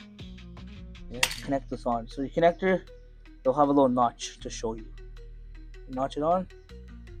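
The plastic wiring connector of a speaker adapter for a 2006–2011 Civic front door speaker install is lined up by its notch and pushed toward the door harness plug, with faint light clicks over background music while someone talks. The clip ends before the connector goes home, so nothing has seated or clicked yet.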